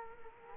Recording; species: mosquito wingbeat signal from an infrared sensor; Culex quinquefasciatus